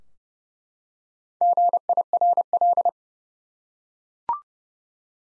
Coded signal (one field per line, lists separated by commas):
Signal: Morse code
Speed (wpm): 30 wpm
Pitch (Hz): 700 Hz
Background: none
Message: GIRL